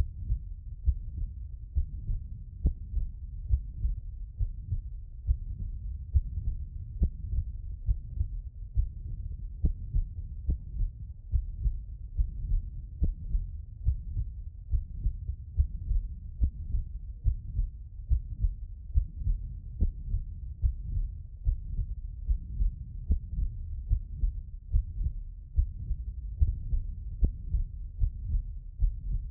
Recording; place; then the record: heart sounds by stethoscope; pulmonary valve (PV)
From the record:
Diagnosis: non-HFrEF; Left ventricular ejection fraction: 60%